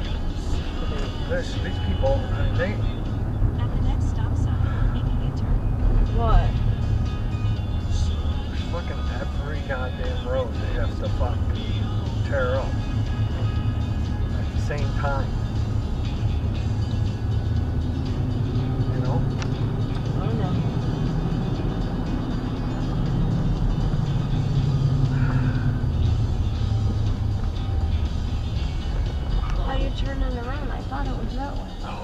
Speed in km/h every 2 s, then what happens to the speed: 32, 40, 42, 34, 27, 34, 39, 37, 40, 48, 56, 56, 44, 32, 24, 13.
0-4 speeds up to 42. 4-7 brakes to 27. 9-12 speeds up to 39. 15-20 speeds up to 56. 22-32 brakes to 13.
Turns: 25-32.